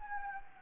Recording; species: mosquito wingbeat signal from an infrared sensor; Anopheles gambiae